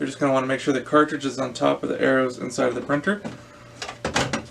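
Someone talks while a toner cartridge, lined up with the green arrows, is positioned to go into a Lexmark MX310 laser printer. Near the end, from about 3.8 to 4.3 seconds, a few brief, sharp handling knocks are heard. The cartridge has not yet been pushed in, and nothing has clicked or locked into place.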